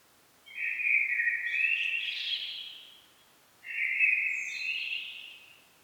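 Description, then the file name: Common blackbird delivering two similar flowing phrases, each a steady warble that rises into higher scratchy notes before fading. "Turdus merula"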